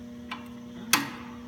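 A brake lever on a table caster is pushed down to lock it so the table stays stable, giving a faint short click at 0.3 s and a much louder, sharper click at 0.9 s over a steady low hum. The caster brake locks in place.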